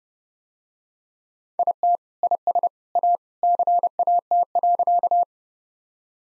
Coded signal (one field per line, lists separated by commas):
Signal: Morse code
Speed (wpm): 31 wpm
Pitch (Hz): 700 Hz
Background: none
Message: IT IS A CAT.